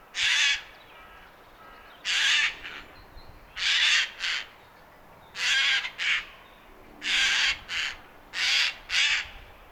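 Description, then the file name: Eurasian jay uttering repeated harsh, tearing screeches, mostly in pairs of a longer then shorter rasp, at fairly regular intervals. "Garrulus glandarius"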